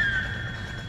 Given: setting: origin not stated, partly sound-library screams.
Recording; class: one-second piece from a danger detection set; woman in danger